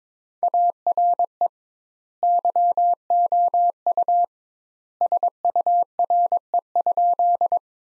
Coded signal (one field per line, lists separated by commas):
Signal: Morse code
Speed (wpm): 22 wpm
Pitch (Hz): 700 Hz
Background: none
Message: ARE YOU SURE?